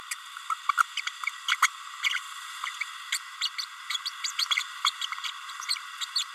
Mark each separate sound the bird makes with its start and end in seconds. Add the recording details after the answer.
0.11-0.14, 0.49-0.54, 0.69-0.72, 0.77-0.83, 0.97-1.01, 1.48-1.56, 1.62-1.68, 2.03-2.19, 3.12-3.19, 3.40-3.49, 3.89-3.97, 4.05-4.10, 4.38-4.45, 4.84-4.90, 5.01-5.06, 5.68-5.75, 6.01-6.05, 6.15-6.23. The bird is a female. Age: 30 days. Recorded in a nest box in Venezuela. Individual 17B32A7